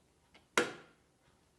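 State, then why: Seated. A plastic flap on the filament spool holder of a Bambu A2L 3D printer is folded back and snaps into place, seating firmly. A faint tick at 0.35 s comes before the sharp, bright click at 0.6 s, which rings briefly and fades by about 1.0 s.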